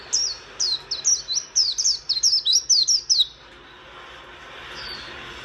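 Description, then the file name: White-eye song: a quick run of high, thin, falling whistled notes lasting about three seconds, then a quiet pause with one faint note near the end. "Zosterops"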